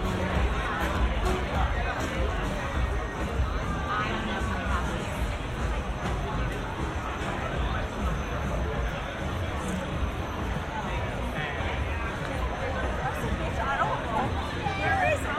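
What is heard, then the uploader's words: Crowd noise outside a baseball game, a steady dense hubbub of distant chatter and voices, with occasional brighter calls rising near the end. San Diego. In public. At a distance. Record outside the Phillies v Padres baseball game. The recordings are collaged slightly.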